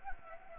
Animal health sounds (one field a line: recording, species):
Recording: mosquito wingbeat signal from an infrared sensor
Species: Anopheles gambiae